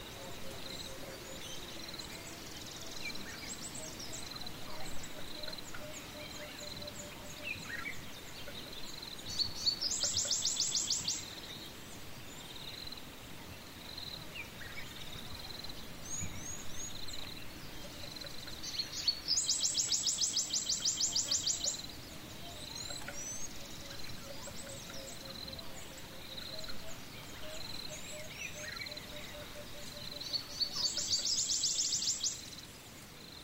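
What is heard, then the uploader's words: Wildlife in the African bush: scattered bird chirps and calls over a steady, high, pulsing insect drone. Loud, shrill buzzing bursts break in about every ten seconds, near 10, 20 and 31 seconds, each lasting a couple of seconds. Relaxing Sounds Of The African Bush.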